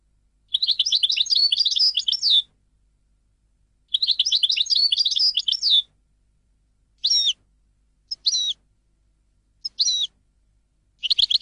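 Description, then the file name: European goldfinch singing two fast twittering phrases of about two seconds each, followed by several short, separate high chirps and notes. "audio burung goldfinch"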